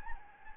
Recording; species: mosquito wingbeat signal from an infrared sensor; Anopheles gambiae